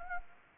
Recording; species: mosquito wingbeat signal from an infrared sensor; Anopheles gambiae